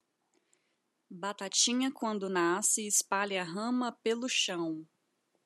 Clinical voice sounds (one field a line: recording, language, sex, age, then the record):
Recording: short text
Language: Brazilian Portuguese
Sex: female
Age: 30 to 39 years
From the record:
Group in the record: control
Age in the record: 31 years